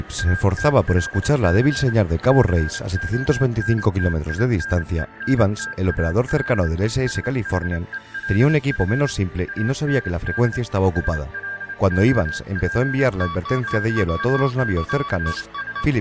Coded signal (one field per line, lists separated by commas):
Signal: Morse code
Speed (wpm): 27 wpm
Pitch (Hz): 1600 Hz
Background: speech, music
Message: ATLC CONTINENTAL SHELF AND SLOPE WATERS